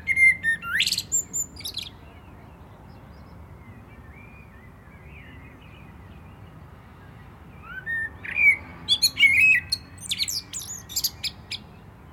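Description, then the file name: Common blackbird, two song phrases: brief mellow whistles followed by high chittering notes, with a long quiet gap between them. "Turdus merula"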